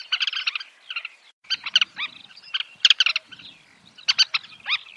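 Bird calls as quick clusters of scratchy chirps and sharp upslurred notes, broken by brief pauses, with soft low rumbling in the background.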